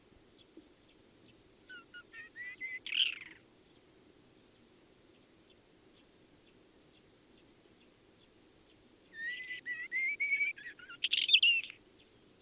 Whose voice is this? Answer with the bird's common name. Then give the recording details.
Isabelline Shrike. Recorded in the wild. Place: Wüste Gobi, MN. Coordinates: 42.94, 105.082. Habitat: Desert. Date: 1979-06-02. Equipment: Nagra III BH, Sennheiser MD 21, parabola. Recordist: Schubert, Michael